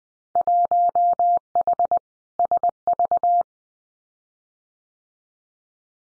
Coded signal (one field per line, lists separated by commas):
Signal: Morse code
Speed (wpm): 20 wpm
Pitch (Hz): 700 Hz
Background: none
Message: 1H SV